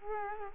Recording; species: mosquito wingbeat signal from an infrared sensor; Culex quinquefasciatus